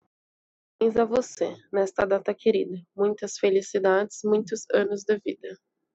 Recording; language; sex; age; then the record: short text; Brazilian Portuguese; female; 20 to 29 years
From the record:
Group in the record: control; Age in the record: 27 years